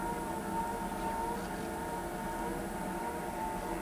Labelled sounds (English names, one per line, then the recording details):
none
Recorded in pastures near Pivijay, Magdalena, Colombia, on 14 April 2023 at 18:00
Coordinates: 10.456, -74.369
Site P6-G026